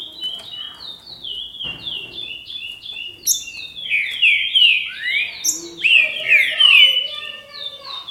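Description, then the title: Green-winged saltator song: quick repeated whistled notes at a steady pace, then a fuller, louder stretch of sweeping slurred whistles. "Trinca Ferro"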